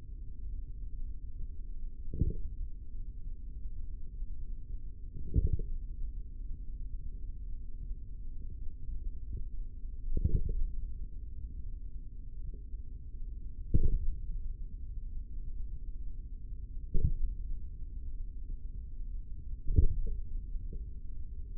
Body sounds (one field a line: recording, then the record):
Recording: forearm muscle sounds (acoustic myography)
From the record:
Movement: hand opening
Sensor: system 3, bracelet of six PUI Audio POM-2738L microphones around the upper forearm, with dedicated amplification and filtering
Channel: 5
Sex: male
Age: 25 years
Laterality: right